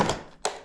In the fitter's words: Yeah, properly clicking.